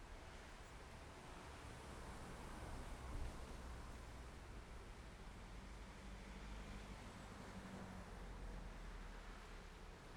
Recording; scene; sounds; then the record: everyday scene through a hearing-aid microphone; in traffic; traffic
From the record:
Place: main road on the outskirts, rush hour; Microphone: behind the ear, left, rear